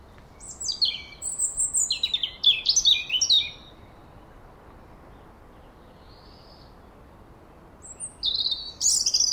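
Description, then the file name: European robin sings a rich, fast phrase of high, sweet twittering and falling whistles, goes mostly quiet for several seconds, then starts another phrase. "Erithacus rubecula"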